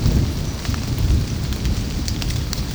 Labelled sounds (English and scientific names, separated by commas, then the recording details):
none
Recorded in secondary vegetation near Puerto Asís, Putumayo, Colombia, on 9 March 2025 at 12:00
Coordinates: 0.481, -76.318
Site G097